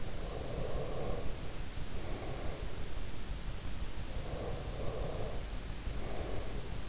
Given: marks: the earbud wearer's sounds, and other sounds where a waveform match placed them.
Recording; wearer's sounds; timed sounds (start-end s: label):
sounds in sleep by an in-ear microphone; breath
0.00-2.94 s: breath
4.14-6.79 s: breath